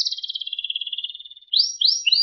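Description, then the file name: Canary song: a fast buzzy trill of high pulses slowly sliding down in pitch, then a pause and three quick rising sweeping whistles. Sekar Jagad variety canary. "audio-kenari-sekar-jagad- omkicau"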